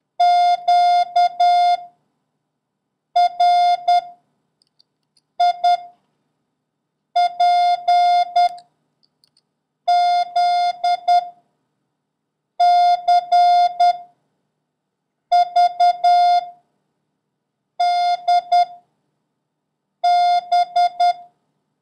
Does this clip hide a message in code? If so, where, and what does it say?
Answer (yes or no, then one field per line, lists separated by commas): yes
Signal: Morse code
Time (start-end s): 0.2-21.1 s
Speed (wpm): 10 wpm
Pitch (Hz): 710 Hz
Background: none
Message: Q R I P Z C V D B